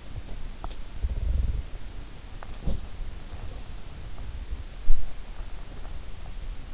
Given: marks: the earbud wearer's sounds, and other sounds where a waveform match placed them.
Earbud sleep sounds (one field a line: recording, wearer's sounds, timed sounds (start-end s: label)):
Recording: sounds in sleep by an in-ear microphone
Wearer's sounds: teeth grinding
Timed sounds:
0.61-0.70 s: teeth grinding
2.58-2.88 s: teeth grinding